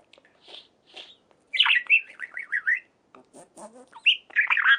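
Budgerigar chattering: a few soft notes, then a run of wavering warbled chirps, clicks, and a final burst of scratchy twittering.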